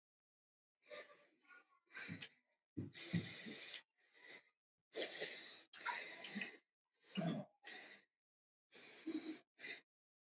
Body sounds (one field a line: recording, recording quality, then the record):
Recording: deep breathing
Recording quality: excellent, no background noise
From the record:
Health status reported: exposed to COVID-19, no respiratory illness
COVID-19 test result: negative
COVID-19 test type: RT-PCR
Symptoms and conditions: cough, cold, sore throat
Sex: female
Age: 32 years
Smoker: no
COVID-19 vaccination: both doses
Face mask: worn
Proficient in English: yes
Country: India